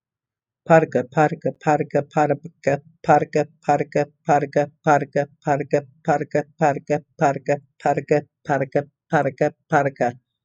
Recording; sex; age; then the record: repeated syllables /pa ta ka/; female; 50 to 59 years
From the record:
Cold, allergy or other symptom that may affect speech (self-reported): no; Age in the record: 55 years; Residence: Illinois, United States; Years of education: 16